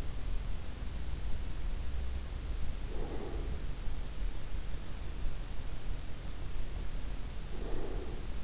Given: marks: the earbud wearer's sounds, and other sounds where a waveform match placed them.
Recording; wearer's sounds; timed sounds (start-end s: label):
sounds in sleep by an in-ear microphone; breath
2.84-3.59 s: breath
7.55-8.43 s: breath